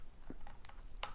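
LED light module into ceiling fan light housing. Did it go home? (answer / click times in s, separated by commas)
no / none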